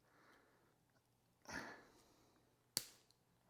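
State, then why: Released. A chain breaker tool is turned to press a steel pin through a link of a bicycle chain on a SRAM NX drivetrain during a chain replacement. A soft scraping burst around 1.5 s is followed by a single sharp click at 2.8 s, with a faint tick at 3.1 s. The pin gives and is released from the link.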